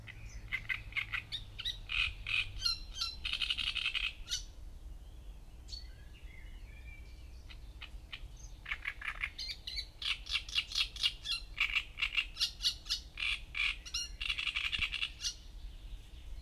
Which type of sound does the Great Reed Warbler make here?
song